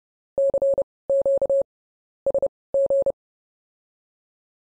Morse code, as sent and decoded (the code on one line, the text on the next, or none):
-.-. --.- / ... --.
CQ SG